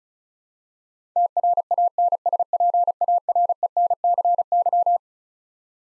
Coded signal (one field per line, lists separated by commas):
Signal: Morse code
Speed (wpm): 36 wpm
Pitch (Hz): 700 Hz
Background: none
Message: TRANSPARENCY